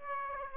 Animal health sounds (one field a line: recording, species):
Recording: mosquito wingbeat signal from an infrared sensor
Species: Aedes aegypti